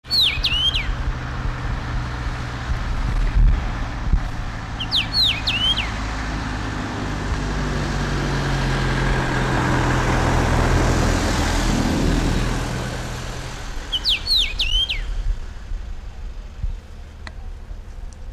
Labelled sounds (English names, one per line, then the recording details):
Common Rosefinch song
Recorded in the wild
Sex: male
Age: adult
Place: Paratunka, Kamtschatka, RU
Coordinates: 53.5667, 158.417
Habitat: poplar stand
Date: 1999-06-13 10:12
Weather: cloudy, ca. 15°C
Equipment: Sony WM-D6C, Sennheiser ME 80, Kopie Sony TCD-D8
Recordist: Frommolt, Karl-Heinz
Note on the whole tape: Singt in Pappelbestand in ca. 5 m Höhe. Männchen mit deutlich roter Brust. Entfernung 5 - 10 m. Straßenlärm, zweite Hälfte gut